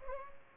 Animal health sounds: mosquito wingbeat signal from an infrared sensor; Culex pipiens

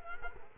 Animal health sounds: mosquito wingbeat signal from an infrared sensor; Culex quinquefasciatus

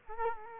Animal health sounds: mosquito wingbeat signal from an infrared sensor; Culex quinquefasciatus

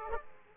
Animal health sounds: mosquito wingbeat signal from an infrared sensor; Aedes aegypti

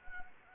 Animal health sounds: mosquito wingbeat signal from an infrared sensor; Anopheles gambiae

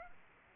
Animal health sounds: mosquito wingbeat signal from an infrared sensor; Aedes aegypti

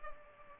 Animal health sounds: mosquito wingbeat signal from an infrared sensor; Culex pipiens

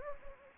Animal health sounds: mosquito wingbeat signal from an infrared sensor; Anopheles gambiae

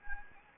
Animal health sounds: mosquito wingbeat signal from an infrared sensor; Anopheles gambiae

